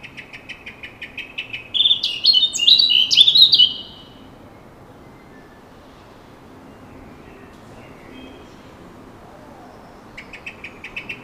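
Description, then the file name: Eurasian blackcap giving rapid hard clicking calls, then a brief burst of loud warbled notes, a long quiet stretch, and more clicking calls at the end. "Sylvia atricapilla"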